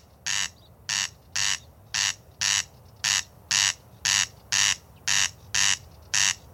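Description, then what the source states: Corncrake rasping call, dry crek bursts repeated in a steady rhythm. Call runs through a sound art piece made from material collected over the summer.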